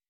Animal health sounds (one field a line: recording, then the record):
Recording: hydrophone in a shrimp aquaculture tank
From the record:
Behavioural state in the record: weakened